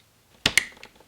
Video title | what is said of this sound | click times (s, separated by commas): B7 RS4 - PIAA Fog Lights Yellow - Fog PART 2 | Turn it to the right. Wait for the click. | 0.5 s